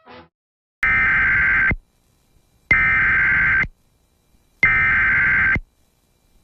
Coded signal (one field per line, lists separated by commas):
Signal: Emergency Alert System (SAME) tones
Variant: header bursts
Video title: EAS Civil Emergency Message During Loony Toons (CBS7) (Kinemaster Version)